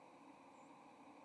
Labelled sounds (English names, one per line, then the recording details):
White-throated Sparrow flight call
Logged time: 07:45 on 30 October 2014